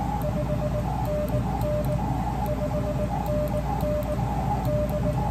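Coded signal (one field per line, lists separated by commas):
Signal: Morse code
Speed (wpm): 19 wpm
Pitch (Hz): 600 Hz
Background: none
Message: 5NN 5NN D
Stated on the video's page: QRP single-op park contest operation in a Georgia state parks on the air contest, using an Elecraft KX2.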